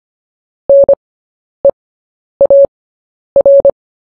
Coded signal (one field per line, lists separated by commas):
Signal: Morse code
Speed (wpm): 25 wpm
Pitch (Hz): 560 Hz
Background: none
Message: NEAR